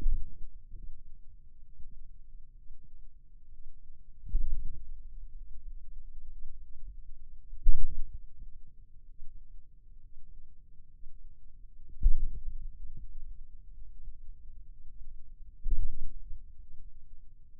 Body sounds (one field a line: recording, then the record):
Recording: forearm muscle sounds (acoustic myography)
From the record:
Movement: radial deviation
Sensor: system 2, bracelet of six BSWA MPA416 microphones around the upper forearm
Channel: 5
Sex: male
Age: 22 years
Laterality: right